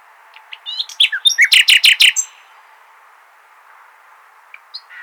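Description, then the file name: Common nightingale song phrase with varied chirps leading into a rapid, loud rattling trill, followed by quiet scattered notes. "Luscinia megarhynchos"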